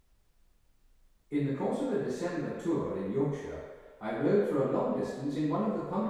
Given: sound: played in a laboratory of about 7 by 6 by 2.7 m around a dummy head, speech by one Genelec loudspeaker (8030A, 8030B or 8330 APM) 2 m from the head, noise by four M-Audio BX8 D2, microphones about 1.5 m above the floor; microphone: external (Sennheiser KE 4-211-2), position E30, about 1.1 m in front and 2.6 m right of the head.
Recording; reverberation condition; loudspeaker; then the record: male speech in English; high; 60 degrees to the left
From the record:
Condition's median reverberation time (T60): about 1300 ms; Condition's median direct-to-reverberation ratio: about -4.0 dB